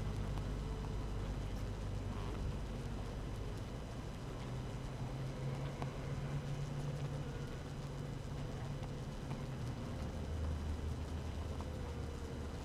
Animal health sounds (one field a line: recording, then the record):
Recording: honeybee colony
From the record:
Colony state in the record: active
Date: 12 June 2018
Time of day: 7:00